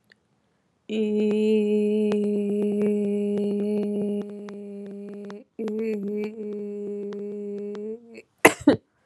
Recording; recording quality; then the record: sustained vowel as in made; excellent, no background noise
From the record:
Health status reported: COVID-19 positive, mild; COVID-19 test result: positive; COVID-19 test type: rapid antigen test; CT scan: not taken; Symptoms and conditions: cough, sore throat, fever, fatigue, muscle pain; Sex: female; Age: 25 years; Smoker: no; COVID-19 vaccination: both doses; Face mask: not worn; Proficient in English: yes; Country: India